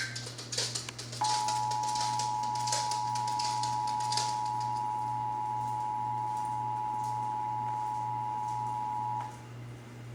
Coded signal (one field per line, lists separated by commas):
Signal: Emergency Alert System (SAME) tones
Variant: 853 and 960 Hz attention tone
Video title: (EAS #489-497) July 2023 Texas Required Monthly Test